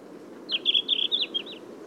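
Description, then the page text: Red-flanked bluetail song: one brief, fast phrase of high, slurred whistled notes lasting about a second, with a low background hum. "Синехвостка - (лат. Tarsiger cyanurus), Patrick Franke"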